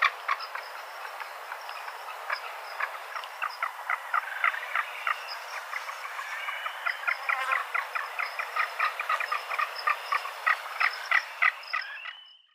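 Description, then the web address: Magnificent frigatebird giving a long series of dry, clicking pulses, fast and uneven, fading out at the very end. "Schulze Peter Magnificent Frigatebird"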